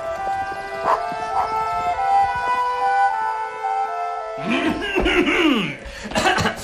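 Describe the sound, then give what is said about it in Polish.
Two small dogs of an unknown breed whine and howl in a steady, high-pitched drone, then break into a burst of sharp, rising and falling yelps and barks toward the end. “są dwa małe pieski nieznanej mi rasy, które chętnie każdy z nas wytargałby za uszy.”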